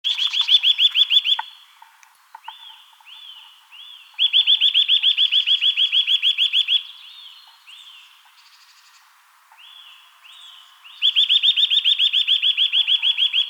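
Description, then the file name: Eurasian nuthatch giving loud, rapid trills of sharp rising notes in three bursts, separated by softer, slower upslurred whistles. "Sitta europaea"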